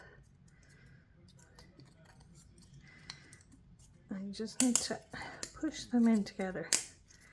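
Two wooden pieces of a bracelet loom frame, including the wooden comb piece, are lined up by arrows and a tab, then pushed together, with a few faint taps and handling sounds over a quiet background. Someone talks during the second half of the clip. Nothing has seated or clicked into place yet when the clip ends.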